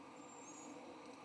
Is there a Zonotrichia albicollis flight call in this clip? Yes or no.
no